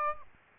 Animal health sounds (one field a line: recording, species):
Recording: mosquito wingbeat signal from an infrared sensor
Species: Aedes aegypti